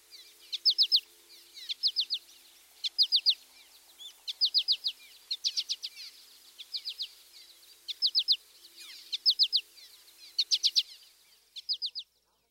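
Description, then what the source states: American Goldfinch giving its flight call, short bursts of several rapid high chips, repeated several times. Diagnostic call note, often given during the bird's undulating flight, rendered as pachikari.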